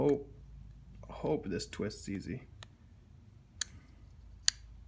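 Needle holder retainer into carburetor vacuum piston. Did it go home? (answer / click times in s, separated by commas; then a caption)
yes / 3.6 s, 4.5 s. Someone talks while twisting the plastic needle holder retainer inside a carburetor vacuum piston on a 1991–2003 Honda Nighthawk 750 during a washer (needle shim) mod. It twists easily, then pops up under the three retaining tabs, producing sharp clicks at 3.6 s and 4.5 s. The holder is seated and clicked into place.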